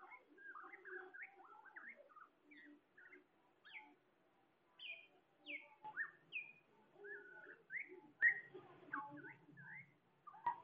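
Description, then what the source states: Bird song of varied whistled notes, short rising and falling phrases in quick irregular bursts, with a faint low hum underneath. Bird chirping.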